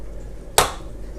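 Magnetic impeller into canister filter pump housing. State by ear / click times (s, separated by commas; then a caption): seated / 0.6 s. The magnetic impeller/motor part of a Fluval 204 canister filter is eased into the pump housing, and the magnet pulls it home with a single sharp, bright snap at 0.6 s that rings briefly and fades against a quiet background. The impeller is seated.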